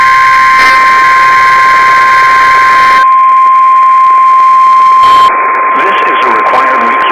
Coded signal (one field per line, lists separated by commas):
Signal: Emergency Alert System (SAME) tones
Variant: 1050 Hz attention tone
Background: speech